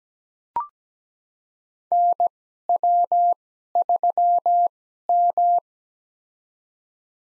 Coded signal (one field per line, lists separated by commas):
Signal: Morse code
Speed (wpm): 17 wpm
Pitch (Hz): 700 Hz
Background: none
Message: NW3M